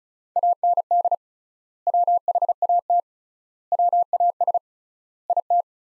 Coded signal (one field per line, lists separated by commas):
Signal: Morse code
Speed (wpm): 36 wpm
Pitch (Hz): 700 Hz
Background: none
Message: AND WHAT WAS IT